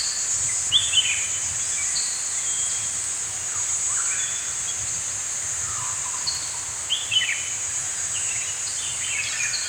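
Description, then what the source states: Birds chirping, sharp high notes and short downward whistles scattered throughout, some in quick pairs, over a steady insect drone. Morning birds singing in a forest.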